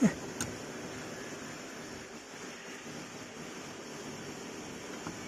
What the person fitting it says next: ये देखिए, अच्छे से ये लॉक हो गया है,